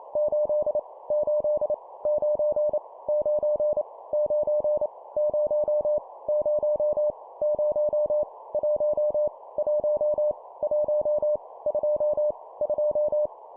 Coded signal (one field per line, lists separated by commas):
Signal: Morse code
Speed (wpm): 28 wpm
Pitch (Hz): 600 Hz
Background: none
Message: 8 8 9 9 9 0 0 0 1 1 1 2 2